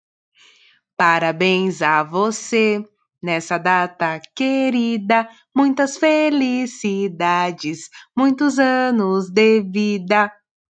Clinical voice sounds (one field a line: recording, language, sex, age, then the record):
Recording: short text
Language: Brazilian Portuguese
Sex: female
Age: 20 to 29 years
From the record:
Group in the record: control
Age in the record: 27 years